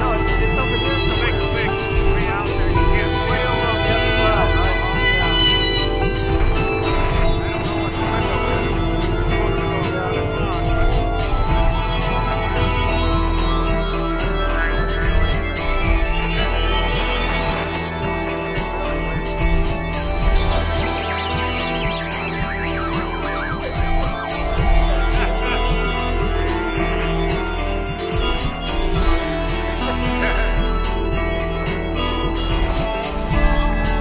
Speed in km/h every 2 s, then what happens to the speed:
0, 3, 0, 2, 0, 2, 0, 2, 2, 0, 0, 0, 0, 0, 0, 0, 0.
0-34 standing.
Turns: none.